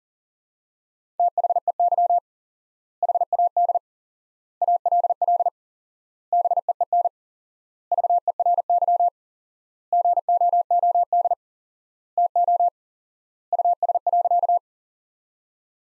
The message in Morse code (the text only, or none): THEY HAD ALL BEEN VERY GOOD TO US.